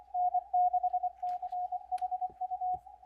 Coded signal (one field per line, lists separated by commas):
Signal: Morse code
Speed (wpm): 25 wpm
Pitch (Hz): 730 Hz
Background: radio noise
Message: N6CHU